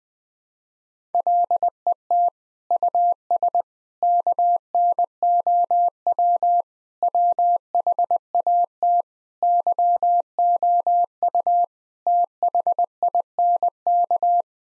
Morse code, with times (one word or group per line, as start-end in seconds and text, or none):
1.1-2.3 LET
2.7-3.6 US
4.0-6.6 KNOW
7.0-9.0 WHAT
9.4-11.6 YOU
12.1-14.4 THINK